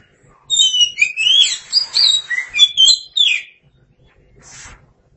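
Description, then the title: Oriental magpie-robin song: a continuous rich run of sweeping whistles and trills for about three seconds, then a brief faint note. "Suara Kicauan Burung Kacer Durasi Panjang"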